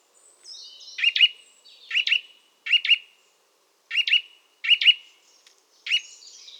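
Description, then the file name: Eurasian nuthatch calling with emphatic doubled whistles, 'twit-twit', in short bursts separated by brief pauses, over a quiet background. "Sitta europaea"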